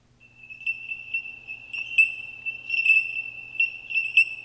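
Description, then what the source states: Bellbird song: a sustained, high ringing tone with bright, bell-like pings that swell and fade in a steady, tinkling stream throughout. Recorded years ago in the hills, when many bellbirds were around; high-pitched sound.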